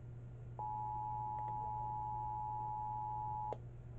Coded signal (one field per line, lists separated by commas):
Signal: Emergency Alert System (SAME) tones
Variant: 853 and 960 Hz attention tone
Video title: EAS 1219: Montana Amber Alert